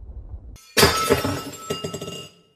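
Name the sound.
bowl falling and shattering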